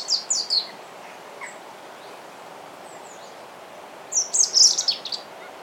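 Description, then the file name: European robin singing two short phrases of high, sweet, warbled notes, the first at the start and a fuller, trilling one near the end, with a long quiet hiss between them. "Erithacus rubecula"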